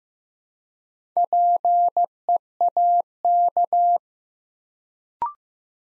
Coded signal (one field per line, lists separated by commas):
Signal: Morse code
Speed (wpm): 15 wpm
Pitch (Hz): 700 Hz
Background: none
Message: PEAK